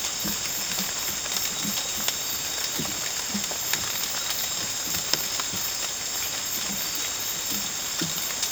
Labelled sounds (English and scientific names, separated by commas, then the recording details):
none
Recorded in dense forest near Puerto Asís, Putumayo, Colombia, on 8 March 2025 at 04:00
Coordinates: 0.486, -76.317
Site G053